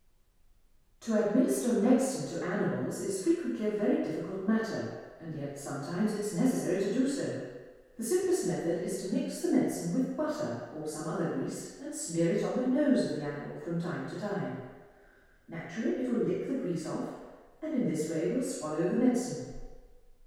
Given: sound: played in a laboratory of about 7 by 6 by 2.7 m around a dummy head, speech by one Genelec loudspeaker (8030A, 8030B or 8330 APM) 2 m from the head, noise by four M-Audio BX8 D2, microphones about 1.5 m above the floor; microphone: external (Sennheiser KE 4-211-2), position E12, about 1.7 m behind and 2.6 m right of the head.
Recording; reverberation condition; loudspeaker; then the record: female speech in English; high; 60 degrees to the right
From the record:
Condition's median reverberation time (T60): about 1300 ms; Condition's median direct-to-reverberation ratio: about -4.0 dB